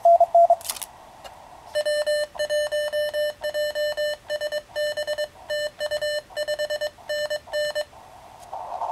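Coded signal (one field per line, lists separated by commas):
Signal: Morse code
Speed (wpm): 22 wpm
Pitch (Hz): 1800 Hz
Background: radio noise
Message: W1JSB TU5NN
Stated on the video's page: QRP exchange under 2 watts with an SW-20 rig, 7,900 miles to South Africa.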